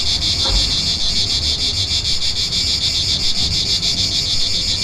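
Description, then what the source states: A cicada chorus gives a continuous shrill buzz that throbs in quick regular pulses over a faint low background hum. Recorded 3 September 2009.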